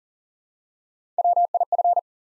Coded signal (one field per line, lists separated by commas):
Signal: Morse code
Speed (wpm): 40 wpm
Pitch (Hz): 700 Hz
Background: none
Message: WIF